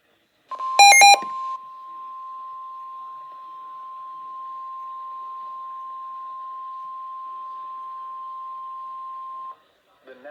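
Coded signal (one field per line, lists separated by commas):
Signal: Emergency Alert System (SAME) tones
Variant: 1050 Hz attention tone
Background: speech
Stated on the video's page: Severe Thunderstorm Warning alert for southwestern Brazoria and central Matagorda Counties, Texas, issued by National Weather Service Houston/Galveston.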